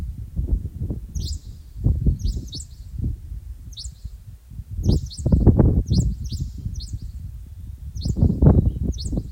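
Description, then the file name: Japanese wagtail calling with short clusters of sharp, high chirps at irregular intervals, partly buried under heavy low-pitched rumble. "セグロセキレイ"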